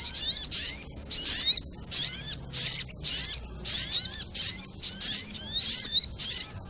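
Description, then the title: Spiderhunter song: shrill, down-slurred note bursts repeated steadily with short gaps, high and piercing. Training audio (masteran); labelled Labaik. "Sogok Ontong Labaik"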